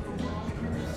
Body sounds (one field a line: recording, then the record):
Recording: background sound without coughing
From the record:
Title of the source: 60 minutes of coffee shop sounds for study and concentration